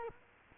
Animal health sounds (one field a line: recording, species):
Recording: mosquito wingbeat signal from an infrared sensor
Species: Culex quinquefasciatus